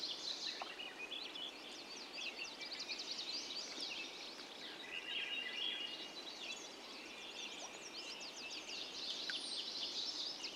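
A dawn chorus of many birds overlaps without pause, dense high chirps and quick rising and falling whistles layered throughout. The level stays fairly even for the whole stretch, with a few brief sharper calls standing out near the middle and end.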